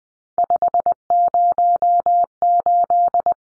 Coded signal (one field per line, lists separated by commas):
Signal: Morse code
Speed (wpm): 20 wpm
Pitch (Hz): 700 Hz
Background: none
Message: 508